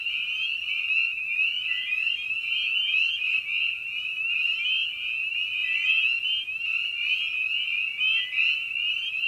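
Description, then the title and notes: Spring peeper chorus, a steady high ringing made of countless rising peeps, with softer lower calls sliding upward beneath it. Evening at a frog pond; presented in a modified format intended as a sleep aid. "Episode 5: Night of the Peepers. we return to the frog pond for a meditative evening. Species in Focus: Spring Peeper (Pseudacris crucifer). Written, recorded, and produced by Ian Carlsen"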